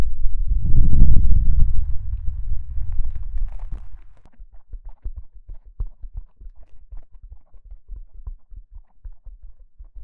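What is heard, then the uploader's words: Deep ear cupping with heavy, muffled bass rumbles that swell loudly in the first two seconds, then fade over the next two. After that, softer low thumps and crackly taps repeat quickly and unevenly, with faint watery squelches mixed in. Deep Ear Cupping | Intense Bass & Underwater Sounds | NO Talking.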